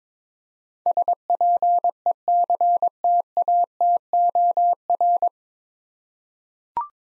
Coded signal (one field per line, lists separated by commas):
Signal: Morse code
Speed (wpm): 22 wpm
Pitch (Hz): 700 Hz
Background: none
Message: SPECTATOR